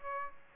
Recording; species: mosquito wingbeat signal from an infrared sensor; Aedes aegypti